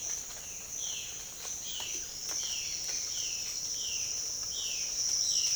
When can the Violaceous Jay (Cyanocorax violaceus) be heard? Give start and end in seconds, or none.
0.57-5.56